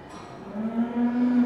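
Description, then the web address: Cattle moo, a single low, steady, droning call that swells slightly louder toward the end. Cattle in pens at a market. "BBC Sound Effects Library BBC 35-Livestock. Cattle In Pens At Market"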